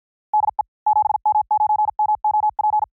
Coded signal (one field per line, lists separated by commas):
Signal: Morse code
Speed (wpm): 52 wpm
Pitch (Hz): 850 Hz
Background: none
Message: DE 7M9MOP